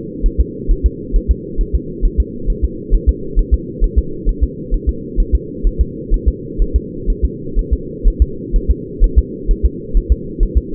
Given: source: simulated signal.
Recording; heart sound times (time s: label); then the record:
fetal heart sounds
0.26 s: S1
0.40 s: S2
0.71 s: S1
0.86 s: S2
1.16 s: S1
1.31 s: S2
1.61 s: S1
1.75 s: S2
2.05 s: S1
2.20 s: S2
2.50 s: S1
2.64 s: S2
2.94 s: S1
3.09 s: S2
3.39 s: S1
3.54 s: S2
3.84 s: S1
3.98 s: S2
4.29 s: S1
4.44 s: S2
4.74 s: S1
4.89 s: S2
5.20 s: S1
5.35 s: S2
5.67 s: S1
5.81 s: S2
6.14 s: S1
6.28 s: S2
6.62 s: S1
6.76 s: S2
7.10 s: S1
7.25 s: S2
7.59 s: S1
7.73 s: S2
8.08 s: S1
8.22 s: S2
8.56 s: S1
8.71 s: S2
9.04 s: S1
9.18 s: S2
9.51 s: S1
9.65 s: S2
9.97 s: S1
10.12 s: S2
10.43 s: S1
10.57 s: S2
From the record:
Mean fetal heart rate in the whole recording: 130 bpm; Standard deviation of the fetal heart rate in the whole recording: 4 bpm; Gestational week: 38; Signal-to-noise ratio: -4.3 dB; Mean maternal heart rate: 72 bpm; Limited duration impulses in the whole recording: present